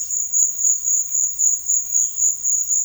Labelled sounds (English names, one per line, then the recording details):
none
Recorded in secondary vegetation near Puerto Asís, Putumayo, Colombia, on 12 March 2025 at 14:30
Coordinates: 0.499, -76.323
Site G094